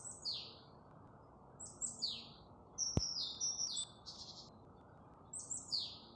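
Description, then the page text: Great tit singing: pairs of high, downward-slurred whistles repeated throughout, a quick stepped run of notes near the middle, a sharp click, and constant low hiss. Single singing male in breeding season, recorded in Vecumnieki parish, Bauska area, Latvia, on 23 May 2025 at 21:00. "Great Tit, Parus major Observation time 23-May-2025 plkst. 21:00. Vecumnieku novads"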